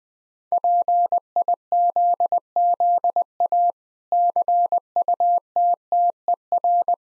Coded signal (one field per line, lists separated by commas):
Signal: Morse code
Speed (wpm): 20 wpm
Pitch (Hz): 700 Hz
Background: none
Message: PIZZA CUTTER